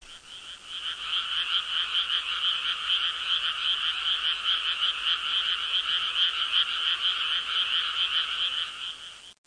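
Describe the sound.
Frog calling in a continuous rapid trill of pulsed notes, steady for about nine seconds.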